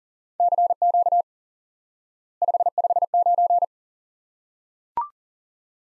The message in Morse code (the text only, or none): CQ 559